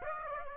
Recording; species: mosquito wingbeat signal from an infrared sensor; Aedes aegypti